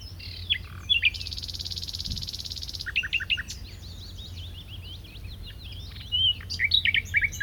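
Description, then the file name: Common nightingale song with a long, dry buzzing stretch, then clusters of sharp chirps and varied whistled notes that grow louder near the end. "Luscinia megarhynchos"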